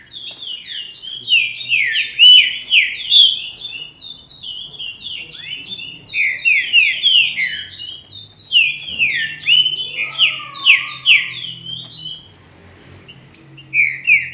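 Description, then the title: Green-winged saltator song: clustered loud whistled slurs with pauses between bursts, a faint low hum and one softer wavering whistle midway. "Trinca Ferro"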